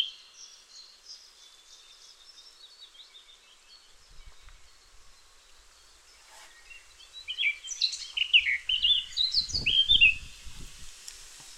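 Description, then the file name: Eurasian blackcap song: soft, scratchy twittering for several seconds, then a loud burst of varied warbling notes. "Sylvia atricapilla"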